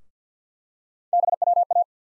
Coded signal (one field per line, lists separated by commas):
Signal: Morse code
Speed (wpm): 49 wpm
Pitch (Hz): 700 Hz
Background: none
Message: BWA